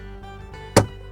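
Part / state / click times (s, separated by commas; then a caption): curtain track into mounting bracket / seated / 0.8 s. A curtain track is fitted into its mounting bracket, bottom first, then pushed in at the top. After a steady low background hum, one sharp, bright click lands at 0.8 s as the track seats in the bracket.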